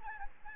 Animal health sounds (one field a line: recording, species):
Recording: mosquito wingbeat signal from an infrared sensor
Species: Aedes albopictus